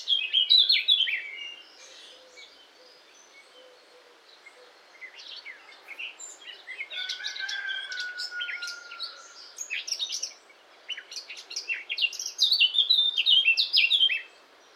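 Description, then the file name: Eurasian blackcap singing hurried, scratchy warbled phrases of high twittering notes, pausing between bursts, while a long, level, slightly falling whistle sounds in the middle. "Sylvia atricapilla"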